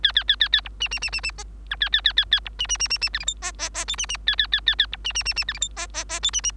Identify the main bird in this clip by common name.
Bengalese Finch